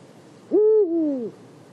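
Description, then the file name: Eurasian eagle-owl hoot: one low, resonant note, level at first, then stepping down and sagging further toward its end, with nothing else audible besides faint hiss. Recorded at Marianka, Slovakia, in 2012. "Bubo Bubo Marianka Slovakia"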